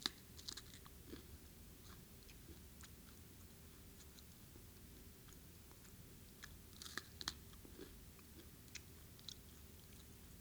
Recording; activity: daily activity, guitar pickup as the sensor; eat